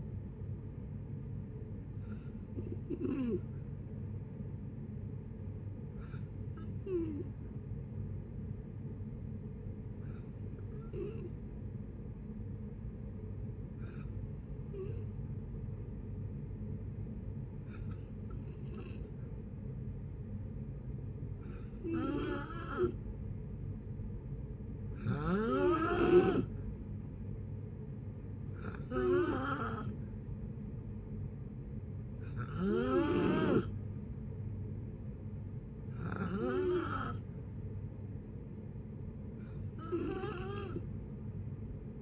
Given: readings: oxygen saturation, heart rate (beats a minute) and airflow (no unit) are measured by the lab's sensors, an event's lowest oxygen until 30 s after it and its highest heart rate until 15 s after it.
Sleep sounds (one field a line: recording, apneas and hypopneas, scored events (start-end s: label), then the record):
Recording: breathing in sleep by a smartphone at the bedside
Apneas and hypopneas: 1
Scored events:
6.00-24.20 s: hypopnea (N2, oxygen 93% highest, then 89% lowest, heart rate 61 at the start, 62 highest)
23.00-42.02 s: new sleep stage, N3 (deep sleep)
From the record:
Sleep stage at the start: N2 (light sleep)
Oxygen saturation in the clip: 89 to 93%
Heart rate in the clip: 57 to 62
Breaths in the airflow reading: 11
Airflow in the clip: -5.6 to 3.9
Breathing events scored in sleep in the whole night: 496 in 5.4 hours asleep